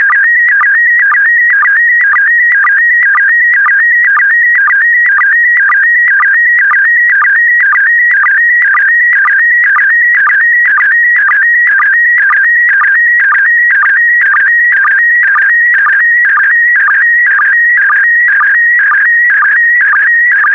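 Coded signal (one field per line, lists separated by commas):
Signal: SSTV (slow-scan television)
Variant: PD120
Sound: continuous warbling tone shifting in pitch, with short low sync chirps about twice a second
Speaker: 5, 4, 3, 2, 1. Thank you. Transmission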